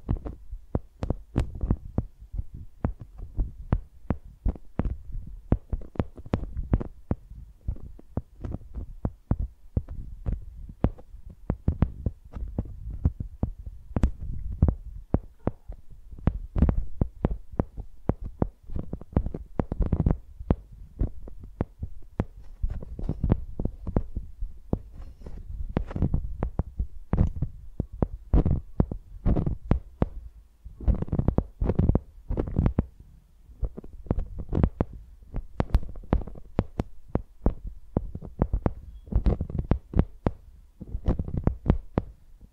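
Microphones are used like pencils, dragged and tapped so that a dense, uneven stream of knocks and thumps runs throughout. The hits are heavy and low, with sharper clicky edges on some strokes, and grow busier and louder in clusters toward the end.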